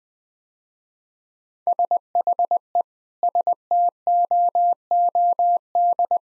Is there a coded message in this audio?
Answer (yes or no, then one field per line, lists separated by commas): yes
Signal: Morse code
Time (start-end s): 1.7-6.2 s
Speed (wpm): 21 wpm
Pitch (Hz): 700 Hz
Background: none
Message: SHE STOOD